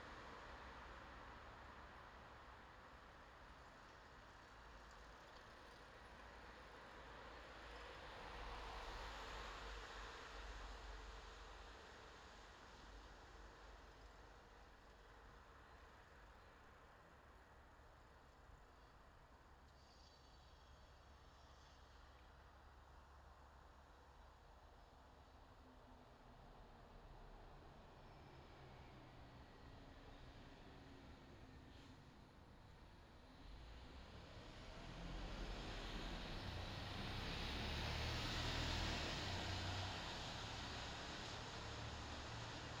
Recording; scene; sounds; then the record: everyday scene through a hearing-aid microphone; in traffic; traffic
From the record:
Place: bus stop on a city main road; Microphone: in the ear canal, left